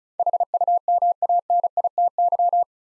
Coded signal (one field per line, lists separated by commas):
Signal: Morse code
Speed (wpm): 36 wpm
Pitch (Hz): 700 Hz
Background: none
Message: HUMANITY